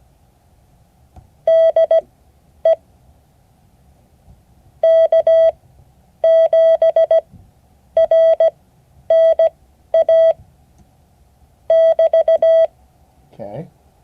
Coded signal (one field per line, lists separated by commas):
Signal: Morse code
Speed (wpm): 17 wpm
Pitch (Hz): 650 Hz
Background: speech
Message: DE K7RNA <BT>